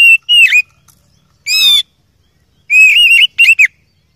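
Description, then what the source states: Oriental magpie-robin song of loud whistled phrases, short warbles and a buzzy burst, separated by brief pauses. Masteran training song for songbirds; described as a champion kacer.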